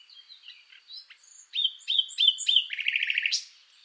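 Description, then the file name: Common nightingale song: quiet soft notes, then four loud repeated chirps, a fast rattling trill and a final rising flourish. "Luscinia megarhynchos"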